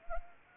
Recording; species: mosquito wingbeat signal from an infrared sensor; Anopheles arabiensis